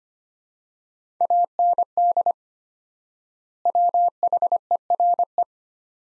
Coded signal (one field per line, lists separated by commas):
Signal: Morse code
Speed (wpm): 25 wpm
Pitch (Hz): 700 Hz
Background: none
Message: AND WHERE